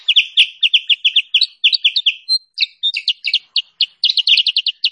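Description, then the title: Sooty-headed bulbul song: a fast run of bright, chirpy notes, each a short sharp burst, strung together almost without pause for the whole five seconds. Tutor recording for training caged birds and lure call for trapping them. "Masteran Kutilang Sutra. suara pikat burung kutilang sutra terbaru paling ampuh"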